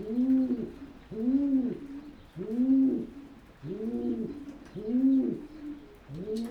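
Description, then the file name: Pigeon delivering deep, rolling coos, each a swelling hum, repeated with short pauses between. "holub"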